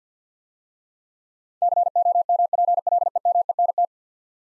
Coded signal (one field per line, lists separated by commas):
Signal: Morse code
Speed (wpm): 50 wpm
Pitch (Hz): 700 Hz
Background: none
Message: COMPLEMENT